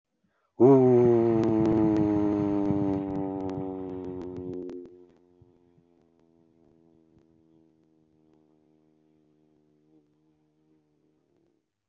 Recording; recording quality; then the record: sustained vowel as in boot; excellent, no background noise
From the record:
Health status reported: healthy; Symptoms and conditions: diabetes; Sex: male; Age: 50 years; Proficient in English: yes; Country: United States